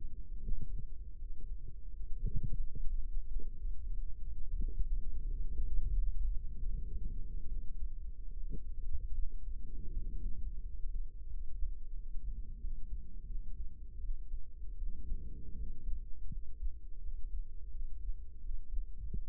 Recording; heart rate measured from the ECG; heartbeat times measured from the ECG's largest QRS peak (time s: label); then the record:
heart sounds by microphone in the right ear; 84 bpm
0.40 s: heartbeat
1.16 s: heartbeat
1.89 s: heartbeat
2.59 s: heartbeat
3.27 s: heartbeat
3.93 s: heartbeat
4.58 s: heartbeat
5.25 s: heartbeat
5.92 s: heartbeat
6.60 s: heartbeat
7.47 s: heartbeat
8.31 s: heartbeat
9.13 s: heartbeat
9.92 s: heartbeat
10.62 s: heartbeat
11.28 s: heartbeat
11.94 s: heartbeat
12.58 s: heartbeat
13.25 s: heartbeat
13.99 s: heartbeat
14.77 s: heartbeat
15.55 s: heartbeat
16.28 s: heartbeat
17.00 s: heartbeat
17.70 s: heartbeat
18.39 s: heartbeat
19.07 s: heartbeat
From the record:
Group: healthy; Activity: cold pressor test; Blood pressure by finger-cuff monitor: 121/85 mmHg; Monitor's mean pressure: 99 mmHg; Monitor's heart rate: 85 bpm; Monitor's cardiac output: 5.8 L/min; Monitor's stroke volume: 71 mL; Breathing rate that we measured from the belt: 12 breaths a minute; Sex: male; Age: 35 years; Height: 178 cm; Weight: 64 kg